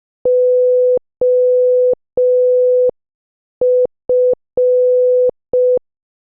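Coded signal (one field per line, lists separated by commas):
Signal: Morse code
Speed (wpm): 5 wpm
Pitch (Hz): 500 Hz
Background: none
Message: OF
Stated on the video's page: Morse practice at 5 wpm, sending movie names as a guess-the-movie sentence drill.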